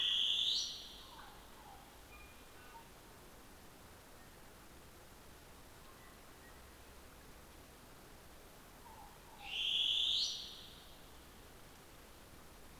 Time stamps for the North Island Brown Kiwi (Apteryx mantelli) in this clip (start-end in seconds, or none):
none